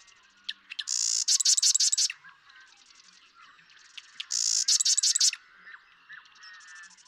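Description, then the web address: Marsh Wren singing two quick gurgling, buzzy trill phrases, each led by sharp clicks, with softer chatter between them. "birdsongforthecurious Marsh Wren"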